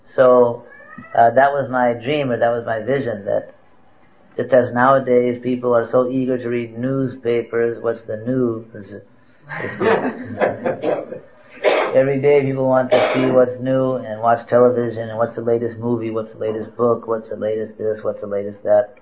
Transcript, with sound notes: so uh, that was my dream, or that was my vision that nowadays people are so eager to read "news"papers, "What's the 'new' s?". (Laughter) You see, everyday people want to see what is new and watch television and what’s the latest movie, what’s the latest book, what’s the latest this, what’s the latest that."